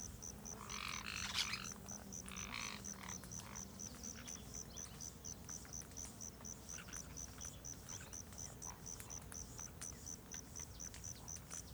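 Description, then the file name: Jandaya parakeet giving harsh, grating screeches in two short bursts early on, over a steady, evenly pulsed high insect chirping and soft background hiss. Several jandaya parakeets eating guava in a guava tree at Terra Ronca, with cicadas and soft wind; recorded with an AB microphone pair. "Jandaias verdadeiras comendo goiaba goiabeira em terra ronca, outros passaros, moscas, cigarras, vento suave, gravacao em ab"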